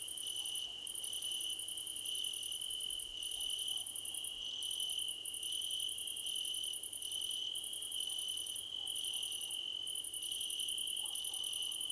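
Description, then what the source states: Crickets calling, a constant shrill trill with rhythmic bursts of faster, higher chirping interrupted by short pauses. Crickets in a choir competition.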